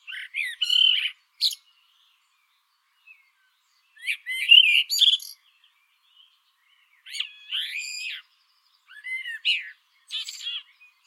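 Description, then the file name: Common blackbird singing repeated flute-like phrases with short pauses between, each mixing lower warbles with sharp, high squeaky ends. "Turdus merula"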